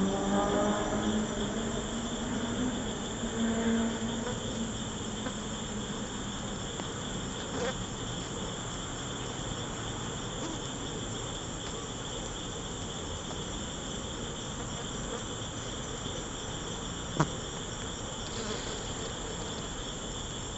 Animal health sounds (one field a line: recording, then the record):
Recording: honeybee defence experiment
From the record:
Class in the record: control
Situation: empty test tube, no live specimens